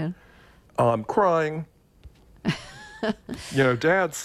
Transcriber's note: laughter